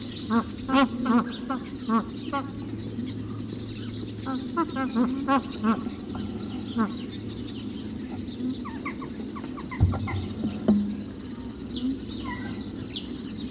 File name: magpie goose